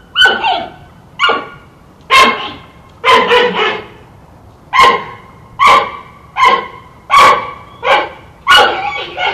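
Giant panda calling: a series of short, harmonic bleating yelps with a nasal, bark-like tone, more than a dozen calls with short pauses between them, some doubled.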